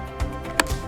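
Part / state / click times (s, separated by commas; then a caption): car seat belt lockoff closing over lower anchor strap / seated / 0.6 s. The snug lock lockoff on the base of a Graco EasyTurn 360 car seat, installed rear-facing with the lower anchor attachment, is pressed closed over the lower anchor strap after the slack has been removed. Against a faint background of steady tonal music, a sharp, short click is heard at 0.6 s. The lockoff is closed and the strap is seated.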